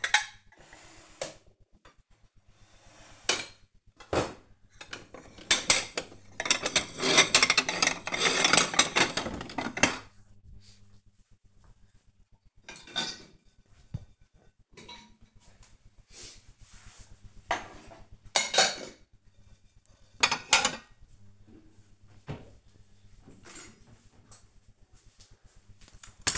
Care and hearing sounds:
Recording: household activities, microphone on the right wrist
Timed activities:
0.00-26.38 s: cleaning out the dishwasher

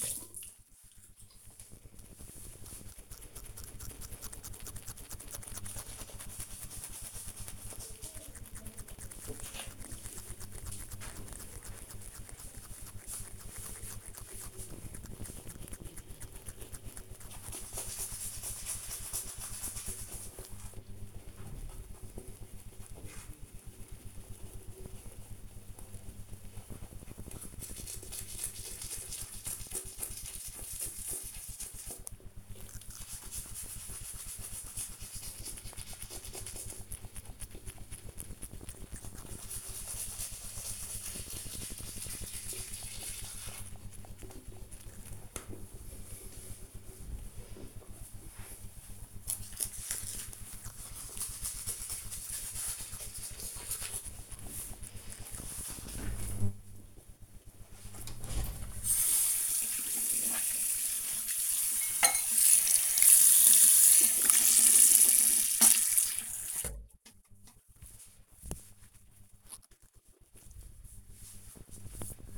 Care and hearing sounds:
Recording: household activities, microphone on the right wrist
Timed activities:
0.00-67.42 s: brushing teeth

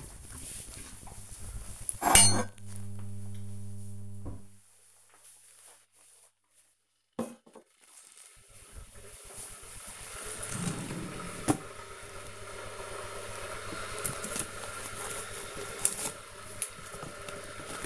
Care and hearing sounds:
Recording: household activities, microphone on the right wrist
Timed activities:
0.00-17.86 s: making tea

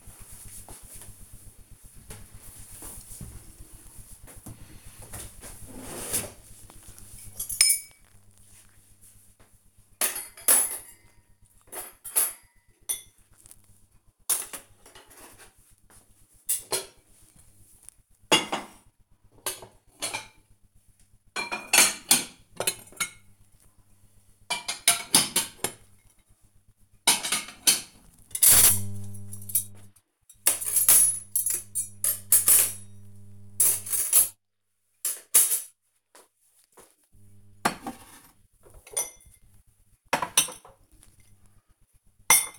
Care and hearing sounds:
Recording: household activities, microphone on the right wrist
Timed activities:
0.70-42.59 s: putting away the dishes

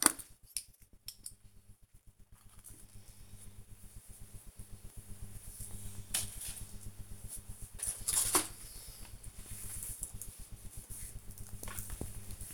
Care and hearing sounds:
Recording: household activities, microphone on the right wrist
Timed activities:
0.00-12.54 s: sorting documents

